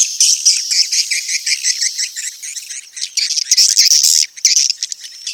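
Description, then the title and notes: Swiftlet chattering in quick pulsed chirps, roughly four per second, then a louder, denser burst of high twitters. Swiftlet farming sound, Asia. "Swiflet Bird Sound. Farming Swiflet Bird asia sound"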